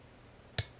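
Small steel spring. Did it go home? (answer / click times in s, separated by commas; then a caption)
yes / 0.6 s. A screwdriver rotates the magazine release retaining spring downward in a Hudson H9/H9A pistol frame during a frame swap. After near silence, a single sharp, bright snap lands at 0.6 s with a brief high ring that quickly fades. The spring clicks into place and the magazine release is properly installed.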